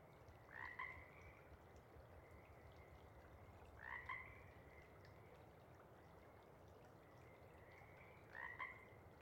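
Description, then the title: Pacific chorus frog calling with soft two-part croaks, three calls a few seconds apart over a constant low rushing hiss. Sparse chorus before dawn as twilight begins; a few individuals keep calling to attract a mate while most have gone back to burrow and sleep. "Chorus Frogs, Sparse, pre-Dawn"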